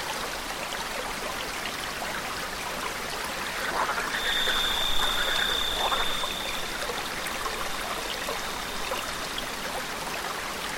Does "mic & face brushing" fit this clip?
no